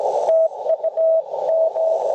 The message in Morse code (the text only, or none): TU M